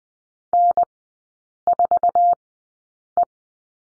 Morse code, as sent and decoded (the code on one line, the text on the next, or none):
-. ....- .
N4E